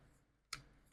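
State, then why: Seated. During reassembly of a bullpup shotgun, a component is fitted back into the receiver and the rotating takedown lock switch is turned. The lock closes with a single sharp click at 0.5 s over a quiet background, and the assembly is locked in place.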